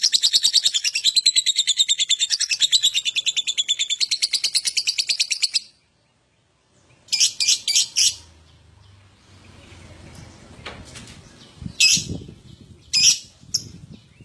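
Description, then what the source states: Lovebird song: about five seconds of rapid high buzzy chatter, a pause, then short bursts of harsh chirps against faint rustling. Adult lovebird; song described as gacor owor owor.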